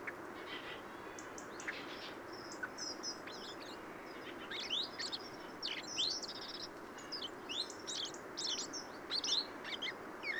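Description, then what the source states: Bird subsong as a dense, varied twittering of quick high chirps and slurred notes, growing busier midway, over a steady hiss. Subsong from a bird in its first winter.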